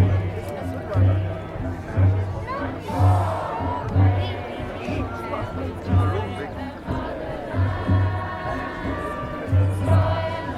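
A crowd gathered at Stonehenge for the solstice, with many voices talking and calling at once. A steady, deep drum beat thumps about once a second throughout, and occasional louder shouts rise above the dense chatter.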